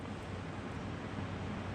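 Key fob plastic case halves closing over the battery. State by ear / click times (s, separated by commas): not seated / none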